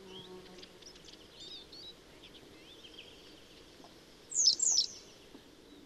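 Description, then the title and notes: Western yellow wagtail giving a single pair of high, downslurred notes near the end, after faint, scattered sounds. "Keltavästäräkki. Risto Nevanlinna"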